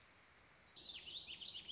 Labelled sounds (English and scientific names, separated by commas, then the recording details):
Warbling Vireo (Vireo gilvus)
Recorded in Sonoma County, California